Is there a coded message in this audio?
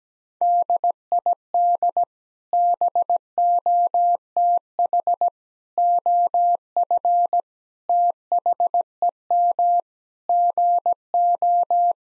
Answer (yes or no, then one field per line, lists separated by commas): yes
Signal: Morse code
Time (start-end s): 0.4-11.9 s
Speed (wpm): 17 wpm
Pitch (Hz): 700 Hz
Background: none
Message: DID BOTH OF THEM GO